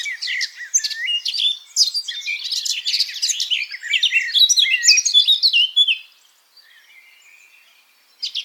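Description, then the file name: Eurasian blackcap song: a fast, dense, varied warble of high chirps and twitters for about six seconds, then a near-silent pause and a brief new phrase at the end. "Sylvia atricapilla"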